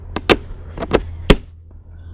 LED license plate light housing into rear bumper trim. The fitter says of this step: then it just clicks into place just like going up there we go it's flush perfect